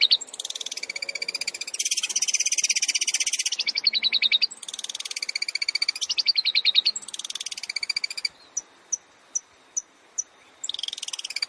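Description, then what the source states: Long-tailed shrike song: long, fast, buzzy trills in several bursts, then sharp single ticks about every half second, before trilling resumes. Long-tailed shrike song compiled as a masteran training track for other shrikes, featuring full tembakan (rapid bursts).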